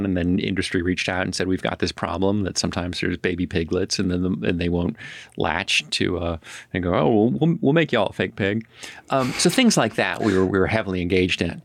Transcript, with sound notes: And then industry reached out and said, “We’ve got this problem, that sometimes there’s baby piglets, and then they won’t latch” to go, “Oh, we’ll make y’all a fake pig.” [Laughs] So things like that, we were heavily engaged in.